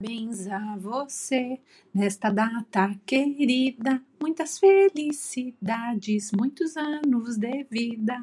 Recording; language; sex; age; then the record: short text; Brazilian Portuguese; female; 40 to 49 years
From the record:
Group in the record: control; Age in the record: 48 years